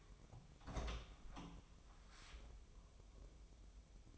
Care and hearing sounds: daily activity, microphone in the room; open door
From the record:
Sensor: 1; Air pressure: 1005.0 hPa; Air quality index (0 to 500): 88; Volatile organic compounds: 2 ppm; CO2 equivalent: 1203 ppm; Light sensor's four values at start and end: 10/24/9/10 and 10/24/9/10

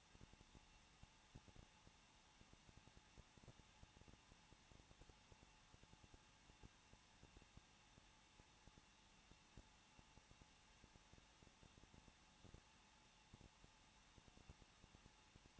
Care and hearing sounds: daily activity, microphone in the room; no activity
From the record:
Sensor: 1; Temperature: 20.1 degrees Celsius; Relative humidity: 39.1%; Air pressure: 1006.4 hPa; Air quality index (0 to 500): 216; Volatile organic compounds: 73 ppm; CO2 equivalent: 3549 ppm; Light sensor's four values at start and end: 1/2/1/1 and 1/2/1/1

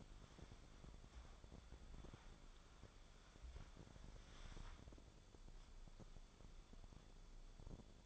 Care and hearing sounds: daily activity, microphone in the room; wipe stove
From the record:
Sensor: 5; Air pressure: 1015.2 hPa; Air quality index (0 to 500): 136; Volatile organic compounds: 3 ppm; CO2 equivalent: 1472 ppm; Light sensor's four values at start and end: 35/83/34/36 and 35/83/34/35

